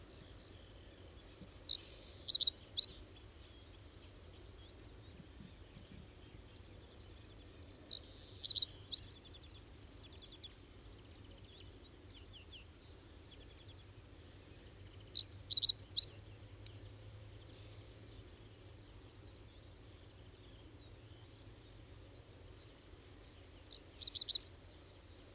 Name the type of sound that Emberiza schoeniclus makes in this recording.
song